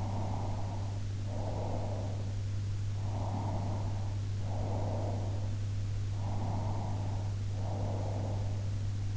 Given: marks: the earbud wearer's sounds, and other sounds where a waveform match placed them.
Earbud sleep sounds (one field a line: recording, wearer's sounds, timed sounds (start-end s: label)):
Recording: sounds in sleep by an in-ear microphone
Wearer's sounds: breath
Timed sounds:
0.00-2.25 s: breath
3.25-5.59 s: breath
6.47-8.72 s: breath